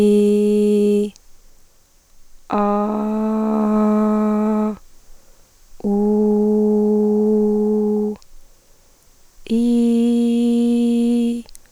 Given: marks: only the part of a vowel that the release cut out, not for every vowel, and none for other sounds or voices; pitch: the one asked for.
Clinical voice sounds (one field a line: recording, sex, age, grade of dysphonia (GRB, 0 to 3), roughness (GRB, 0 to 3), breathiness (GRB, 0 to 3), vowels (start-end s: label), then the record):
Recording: sustained vowels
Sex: female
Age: 30 to 39 years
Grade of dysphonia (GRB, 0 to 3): 2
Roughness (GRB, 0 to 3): 1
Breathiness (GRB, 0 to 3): 2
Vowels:
0.00-0.96 s: vowel /i/, normal pitch
2.73-4.51 s: vowel /a/, normal pitch
6.05-7.99 s: vowel /u/, normal pitch
9.71-11.19 s: vowel /i/, high pitch
From the record:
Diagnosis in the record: hyperfunctional dysphonia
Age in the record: 34 years